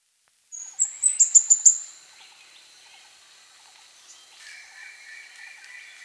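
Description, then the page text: Plain flowerpecker song: one high, thin, rapid ticking phrase lasting about a second, then quiet with faint lower bird notes in the background. "Plain Flowerpecker Song. Quick Sounds library"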